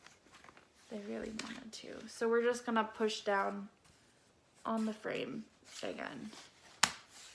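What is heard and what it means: Someone talks while pressing down on the back of a cheap picture frame holding a diamond painting. A single sharp snap at 6.8 seconds marks the back locking into place in the frame.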